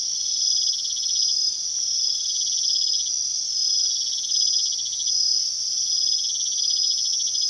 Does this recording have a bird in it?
no